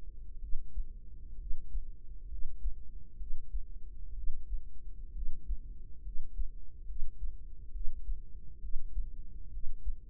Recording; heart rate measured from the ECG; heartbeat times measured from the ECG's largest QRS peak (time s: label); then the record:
heart sounds by microphone in the right ear; 66 bpm
0.38 s: heartbeat
1.36 s: heartbeat
2.27 s: heartbeat
3.16 s: heartbeat
4.13 s: heartbeat
5.11 s: heartbeat
6.01 s: heartbeat
6.84 s: heartbeat
7.70 s: heartbeat
8.59 s: heartbeat
9.49 s: heartbeat
From the record:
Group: healthy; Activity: cold pressor test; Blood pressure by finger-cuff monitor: 103/68 mmHg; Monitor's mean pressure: 79 mmHg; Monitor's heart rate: 66 bpm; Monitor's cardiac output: 5.2 L/min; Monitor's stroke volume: 80 mL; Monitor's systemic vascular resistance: 1110 dyn s/cm5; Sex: female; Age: 23 years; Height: 160 cm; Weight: 50.4 kg